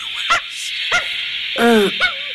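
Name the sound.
dog barking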